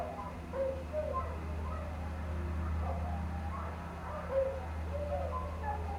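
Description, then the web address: Canines yipping and howling, scattered short wavering cries and brief higher yelps overlapping, above a steady low rumble. Pack of canines howling outdoors late at night in cold winter air, beside a man-made water fountain. "Omar Alvarado - Minimal ambiences ambience outdoors late night, cold winter air, pack of canine howling into the night and man made water fountain. Sonniss"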